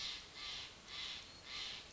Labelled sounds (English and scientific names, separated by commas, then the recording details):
Steller's Jay (Cyanocitta stelleri)
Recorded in Sonoma County, California